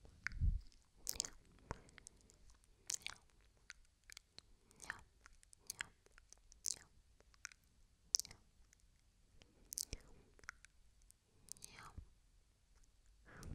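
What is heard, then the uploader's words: Soft mouth sounds: wet clicks, smacks and moist chewing-like noises come in short, sharp bursts about every second or two, some in quick pairs. Quiet hushed stretches sit between them, and a dull low thump opens the clip. ASMR Soft Mouth Sounds with 3Dio Ear to Ear.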